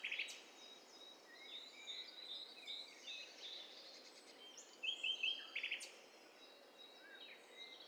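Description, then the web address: Several birds calling at once: thin whistles, short chirps and a quick trilled phrase, all over a steady hiss. Mixture of several birds calling together. "STEREO BIRD COCKTAIL PARTY Challenge Bird Cocktail Party"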